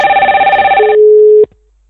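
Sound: telephone ringing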